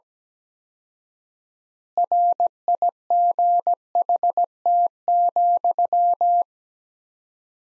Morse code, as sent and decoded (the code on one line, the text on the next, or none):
.-. .. --. .... - --..--
RIGHT,